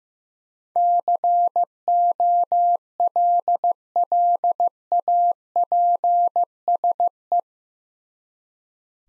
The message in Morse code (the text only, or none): COLLAPSE